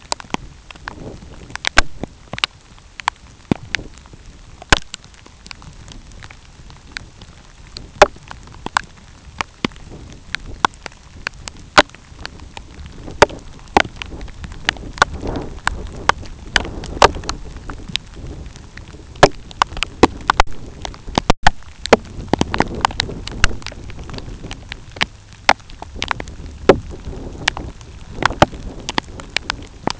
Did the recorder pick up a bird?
no